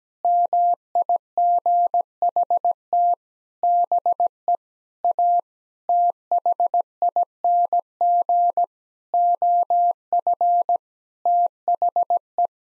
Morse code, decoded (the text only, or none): MIGHT BE A THING OF THE